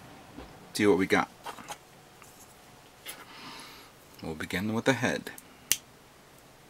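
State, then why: Seated. Someone talks while the plastic head of a 1/144 High Grade Unicorn Gundam model kit is pressed onto the torso's neck joint. It gives one sharp snap at 5.7 s, and the head seats firmly in place.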